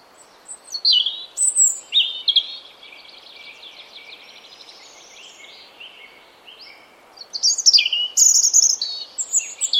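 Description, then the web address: European robin song, varied high warbled phrases and a soft trill, a short lull, then a burst of loud sparkling notes, all over a faint hiss. "cianscape birddata Deverinetal 2025 Bird Only Er Ru"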